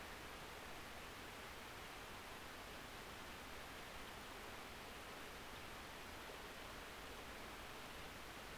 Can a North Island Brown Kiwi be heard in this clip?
no